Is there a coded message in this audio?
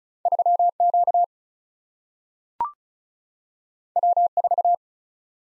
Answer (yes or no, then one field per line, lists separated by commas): yes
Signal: Morse code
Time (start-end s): 0.3-4.7 s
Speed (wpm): 36 wpm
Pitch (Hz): 700 Hz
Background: none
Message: 3Q W4